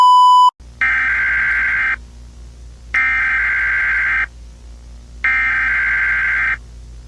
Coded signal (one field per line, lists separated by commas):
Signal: Emergency Alert System (SAME) tones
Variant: header bursts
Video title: |EAS Scenario Godzilla Attack| Godzilla EAS Scenario video one.